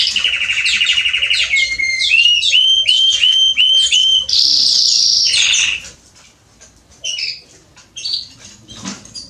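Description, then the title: Belgian canary song, a rattling trill followed by a series of whistled notes and a high trill, then quiet scattered chirps. Male Belgian canary singing a lot, used to warm up and train young canaries. "Canary Training Esquente Seu Filhote E Canario Belga Macho Cantando Muito CANTO DO CANRIO"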